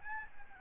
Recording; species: mosquito wingbeat signal from an infrared sensor; Aedes albopictus